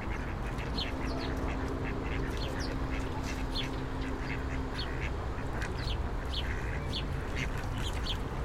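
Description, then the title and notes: Ducks give frequent short quacks throughout, while heavy traffic noise hums underneath. Ducks fed by passers-by on the Old Town Promenade, Stare Miasto, Wrocław, at 16:00; passing cars and buses; Sony PCM-D50 recorder, Rode NT4 microphone, FEL BMA preamplifier. "Kaczki i gołębie na Promenadzie Staromiejskiej cz.1 Lokalizacja: Stare Miasto Czas: 16.00. Kaczki i gołębie karmione przez przechodniów. Odgłosy przejeżdżających samochodów i autobusów. Autor nagrania: Bartosz Grzyb"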